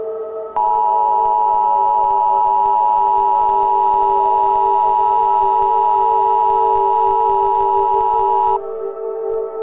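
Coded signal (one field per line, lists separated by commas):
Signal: Emergency Alert System (SAME) tones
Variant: 853 and 960 Hz attention tone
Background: music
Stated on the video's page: Fictional EAS scenario.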